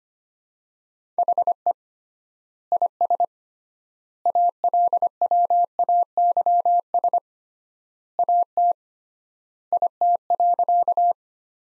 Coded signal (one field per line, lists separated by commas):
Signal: Morse code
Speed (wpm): 25 wpm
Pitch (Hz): 700 Hz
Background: none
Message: HE IS ALWAYS AT IT.